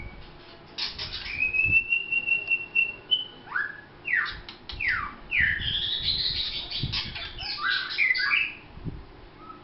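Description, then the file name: White-rumped shama song, a long level whistle followed by downward-slurred notes and a dense, rapid warbling flourish, with low knocks. Vietnam. "shama vietnam omkicau"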